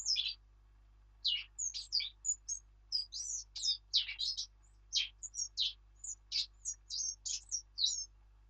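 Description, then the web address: Eurasian blackcap singing a lively, continuous warble of sharp, high chirps and rapid twittering notes that runs almost unbroken for about seven seconds; nothing else heard. "birdsong Sylvia atricapilla"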